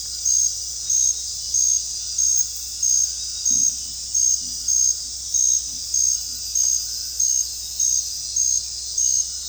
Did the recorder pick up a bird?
no